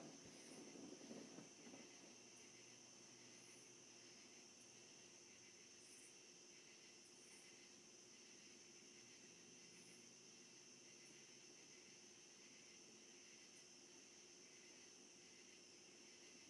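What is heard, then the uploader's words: Crickets chirp in a steady, unbroken high-pitched drone that holds level for the whole stretch, with brighter chirps standing out every few seconds. A low rumble, like a passing vehicle, sits underneath during the first two seconds, then fades. ASMR Cricket Chirps.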